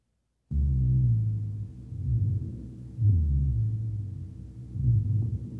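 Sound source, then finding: Lung sounds by stethoscope. Rhonchi.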